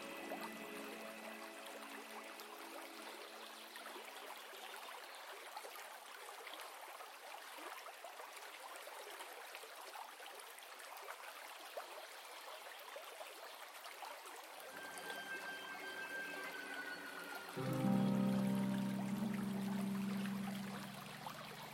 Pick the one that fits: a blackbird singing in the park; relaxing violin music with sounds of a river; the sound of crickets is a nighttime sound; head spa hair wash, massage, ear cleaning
relaxing violin music with sounds of a river